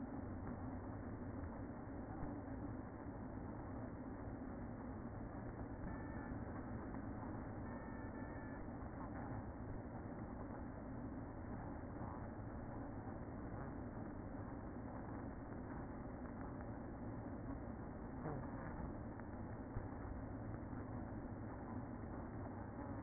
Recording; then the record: honeybee colony, microphone inside the hive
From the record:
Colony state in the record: queen present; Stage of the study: after two queens were removed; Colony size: about 60,000 bees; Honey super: yes